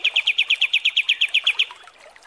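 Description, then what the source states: Kapas tembak song: a short string of about fourteen evenly spaced sharp chips that then stops. Masteran training recording of kapas tembak song.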